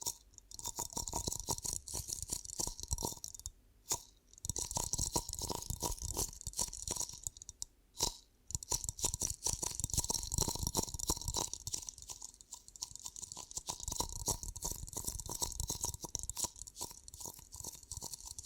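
Ear cupping for ASMR: a dense, rustling, muffled rubbing that churns on almost without pause, with soft low thumps mixed into a bright hiss. Brief silences break it near 3.5 and 8 seconds, and a faint steady tone hums underneath throughout.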